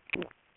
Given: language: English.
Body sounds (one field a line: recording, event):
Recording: throat vibration sensor signal played as sound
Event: swallow